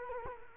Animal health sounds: mosquito wingbeat signal from an infrared sensor; Culex quinquefasciatus

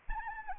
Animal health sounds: mosquito wingbeat signal from an infrared sensor; Anopheles arabiensis

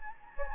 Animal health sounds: mosquito wingbeat signal from an infrared sensor; Anopheles gambiae

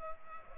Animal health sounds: mosquito wingbeat signal from an infrared sensor; Culex pipiens

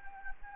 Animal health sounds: mosquito wingbeat signal from an infrared sensor; Anopheles gambiae

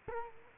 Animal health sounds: mosquito wingbeat signal from an infrared sensor; Culex quinquefasciatus

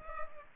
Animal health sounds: mosquito wingbeat signal from an infrared sensor; Culex pipiens

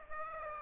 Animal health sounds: mosquito wingbeat signal from an infrared sensor; Aedes aegypti

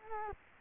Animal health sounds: mosquito wingbeat signal from an infrared sensor; Culex quinquefasciatus

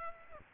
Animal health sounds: mosquito wingbeat signal from an infrared sensor; Aedes aegypti

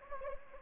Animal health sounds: mosquito wingbeat signal from an infrared sensor; Anopheles arabiensis

